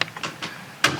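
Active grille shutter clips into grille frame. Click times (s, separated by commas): 0.0 s, 0.9 s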